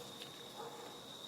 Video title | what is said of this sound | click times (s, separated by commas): Tow Bar Receiver Hitch Install on a 2004 Volvo XC70 | So that snaps right in there. | 0.2 s